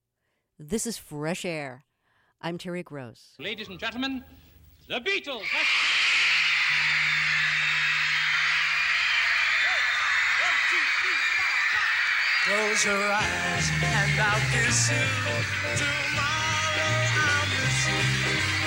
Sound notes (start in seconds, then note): 5.4 soundbite of screams; 5.7 singing